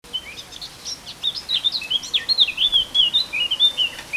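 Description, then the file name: Eurasian blackcap song: a continuous, varied warble of quick whistled and slurred notes, with faint background hiss. "Sylvia atricapilla"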